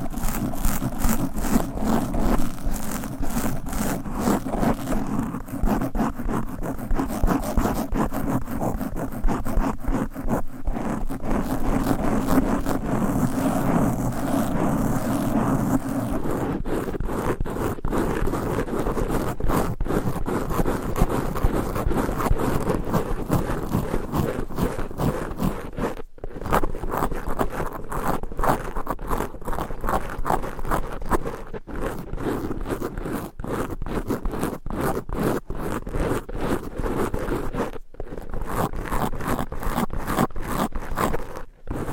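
Fast, aggressive scratching on a microphone, a dense run of rapid rasping strokes that keeps going for the whole stretch with hardly a pause. For the first sixteen seconds a low rumble sits underneath. After that the scraping turns thinner and choppier, broken by a few abrupt dropouts.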